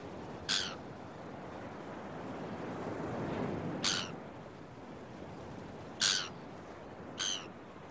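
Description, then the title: Gull cries, four loud harsh calls spread across several seconds, over a constant rush of surf. Recorded early in the morning at a beach, with waves breaking. "Early Morning Seagulls and Beach Waves"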